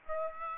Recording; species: mosquito wingbeat signal from an infrared sensor; Aedes aegypti